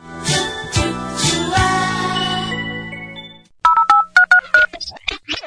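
A bright, sustained chime-like chord rings out and fades, then a quick, uneven run of about eight short mobile phone keypad dialing tones beeps at mid pitch.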